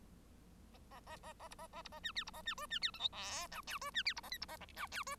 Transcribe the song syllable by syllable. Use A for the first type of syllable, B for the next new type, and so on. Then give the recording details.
A A A A A B A A B A C D B A C E C D F G H I J E C D B A K B A I J E. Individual Bird1